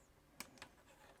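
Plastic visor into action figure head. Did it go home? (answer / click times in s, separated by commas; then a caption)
yes / 0.4 s. A plastic visor is pushed onto the head of a vintage Hasbro GI Joe action figure and snaps into place with a sharp click at 0.4 s. Two softer clicks follow at about 0.6 s. The visor is seated.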